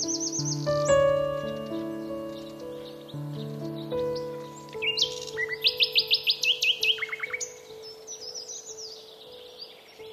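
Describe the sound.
Bird song, bright high chirps and rapid trilled phrases that peak midway, over steady sustained musical tones with soft low notes.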